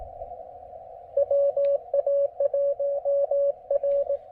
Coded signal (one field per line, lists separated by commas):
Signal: Morse code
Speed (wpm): 18 wpm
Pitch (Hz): 590 Hz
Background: radio noise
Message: WA1R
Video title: QRP POTA: More Xiegu G106 time and I even rope in Brooks to log for me!